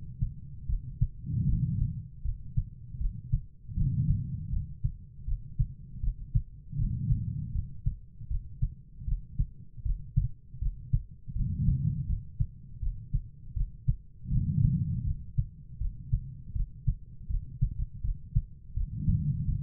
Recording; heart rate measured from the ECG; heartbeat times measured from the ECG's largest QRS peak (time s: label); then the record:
heart sounds by stethoscope; 80 bpm
0.66 s: heartbeat
1.46 s: heartbeat
2.22 s: heartbeat
2.98 s: heartbeat
3.74 s: heartbeat
4.50 s: heartbeat
5.25 s: heartbeat
6.00 s: heartbeat
6.76 s: heartbeat
7.52 s: heartbeat
8.28 s: heartbeat
9.05 s: heartbeat
9.82 s: heartbeat
10.59 s: heartbeat
11.33 s: heartbeat
12.06 s: heartbeat
12.79 s: heartbeat
13.53 s: heartbeat
14.29 s: heartbeat
15.04 s: heartbeat
15.78 s: heartbeat
16.52 s: heartbeat
17.27 s: heartbeat
18.01 s: heartbeat
18.74 s: heartbeat
19.45 s: heartbeat
From the record:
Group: healthy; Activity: rest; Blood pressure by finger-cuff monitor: 96/58 mmHg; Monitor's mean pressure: 73 mmHg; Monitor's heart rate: 80 bpm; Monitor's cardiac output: 6.4 L/min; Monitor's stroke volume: 80 mL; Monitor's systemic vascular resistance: 820 dyn s/cm5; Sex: female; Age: 43 years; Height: 160 cm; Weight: 90 kg